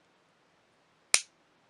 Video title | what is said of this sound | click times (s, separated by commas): Episode 363 Wing Sung 3203 | hear that click nice | 1.1 s